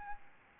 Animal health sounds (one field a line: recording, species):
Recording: mosquito wingbeat signal from an infrared sensor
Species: Aedes albopictus